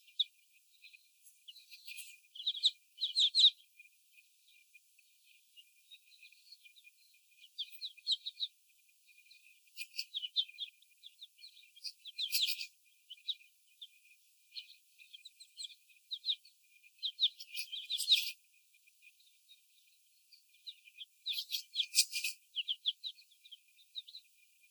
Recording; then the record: young laying hens in a cage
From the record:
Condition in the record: before the stressor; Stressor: sudden umbrella opening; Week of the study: 1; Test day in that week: 1